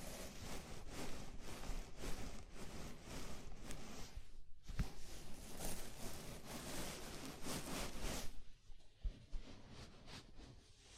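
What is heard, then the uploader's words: A scalp massage gives dense, scratchy rustling of fingers through hair, with brief pauses near four and a half and eight seconds, then softer, sparser strokes. ASMR Sleepy Scalp Massage (No Talking).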